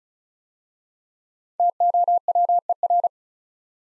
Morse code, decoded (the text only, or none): TOWER